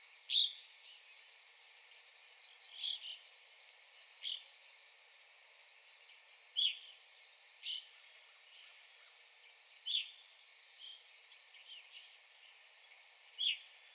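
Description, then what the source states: Evening grosbeak calls, single short ringing notes spaced a few seconds apart. Recorded 9 April 2021.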